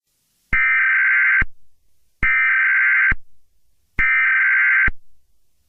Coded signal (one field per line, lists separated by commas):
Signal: Emergency Alert System (SAME) tones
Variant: header bursts